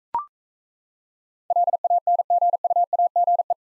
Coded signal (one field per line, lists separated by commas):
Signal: Morse code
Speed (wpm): 40 wpm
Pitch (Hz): 700 Hz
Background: none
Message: LANGUAGE